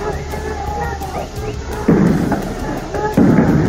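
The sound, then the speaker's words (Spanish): Tear gas canisters are fired by police at students in Barrio Clínica, Córdoba, at 19:50, with two heavy, booming thumps about a second apart, each leaving a rumbling tail, over a steady din of crowd noise and voices as students throw bottles and molotov cocktails. “Los estudiantes lanzan botellas y bombas molotov y la policía contesta con disparos de bombas de gases lacrimógenos.”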